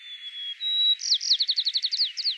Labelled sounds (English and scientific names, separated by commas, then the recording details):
White-crowned Sparrow (Zonotrichia leucophrys) song
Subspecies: nuttalli
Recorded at Inspiration Point, California, in 2013
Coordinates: 37.792, -122.459
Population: north
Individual presipR_13